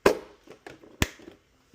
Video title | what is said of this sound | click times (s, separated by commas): Just installed quick release hood pins for the KRATON 6s | You heard it click. | 0.1 s, 1.0 s